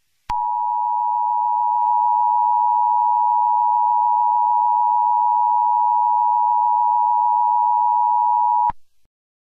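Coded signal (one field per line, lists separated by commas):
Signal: Emergency Alert System (SAME) tones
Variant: 853 and 960 Hz attention tone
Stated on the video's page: Fictional EAS scenario about asteroids hitting Earth.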